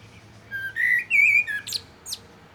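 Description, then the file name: Common blackbird song, one short phrase of low fluted warbling notes followed by a couple of high, thin squeaky twitters. "Turdus merula"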